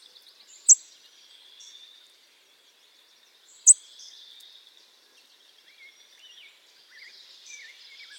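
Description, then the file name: American redstart giving two piercing high notes about three seconds apart, against soft thin chirping from other birds. "Setophaga ruticilla - American Redstart"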